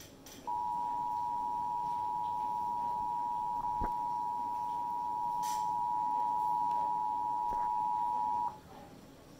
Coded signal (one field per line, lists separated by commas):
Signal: Emergency Alert System (SAME) tones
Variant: 853 and 960 Hz attention tone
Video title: EAS 1197 SVA #14